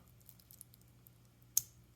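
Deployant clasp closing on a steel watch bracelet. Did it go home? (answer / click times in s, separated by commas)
yes / 1.6 s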